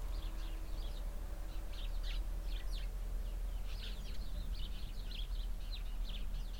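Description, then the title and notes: Sparrows give scattered, sharp chirps in irregular bursts, individual notes more distinct, over strong low wind noise. Flock of sparrows in a bush beside a cow pasture, Hupperdange, windy summer morning. "hupperdange, sparrows and cows. Hupperdange - Bird Bush. The sounds of a bush full of sparrows nearby a cow pasture on a windy summer morning. Project - Klangraum Our"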